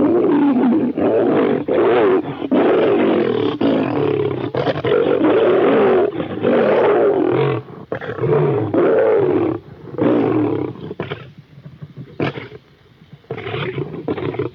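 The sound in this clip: Lions in a fight, loud sustained roars and snarls pouring out almost continuously, then choppier growls and short bursts with gaps near the end.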